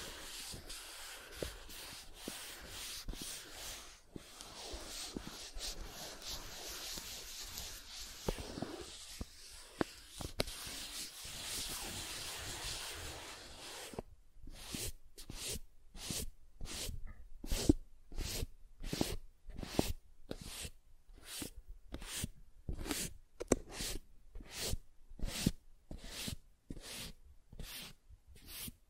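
Soft tracing over surfaces, first as a dense, continuous rubbing hiss with small scratchy ticks for about fourteen seconds. Then it changes to a steady run of separate short strokes, each a bright brushing swish, repeating about twice a second until the end.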